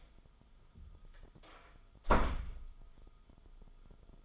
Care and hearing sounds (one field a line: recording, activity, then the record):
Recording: daily activity, microphone in the room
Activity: close door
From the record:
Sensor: 5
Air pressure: 1005.2 hPa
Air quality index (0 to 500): 91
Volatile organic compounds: 2 ppm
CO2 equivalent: 1104 ppm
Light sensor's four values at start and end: 35/80/32/31 and 35/80/32/31